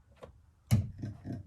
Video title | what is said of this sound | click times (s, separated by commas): Shelby GT350R Ford Performance Drivers side AOS Install!!! | As you can see, it's already oriented this way. I'm just gonna click. | 0.7 s